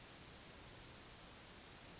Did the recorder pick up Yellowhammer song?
no